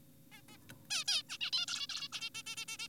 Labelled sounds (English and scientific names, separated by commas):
Zebra Finch (Taeniopygia guttata)